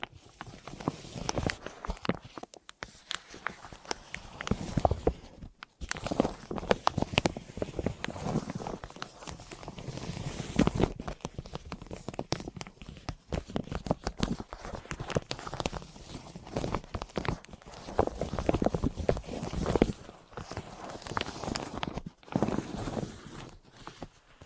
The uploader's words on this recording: ASMR 9 New Tingle Triggers + Mic Test Deep Ear Crinkles, Clicky, Scratchy, Massage （No Talking）.